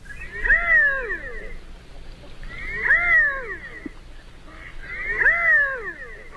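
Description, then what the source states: Redhead calling with three drawn-out, mewing notes that climb and then slide down, spaced evenly roughly every two and a half seconds. Medium-sized diver of lakes and ponds, feeding mostly on plants; breeds in northwestern U.S. and Canada, winters across most of the U.S.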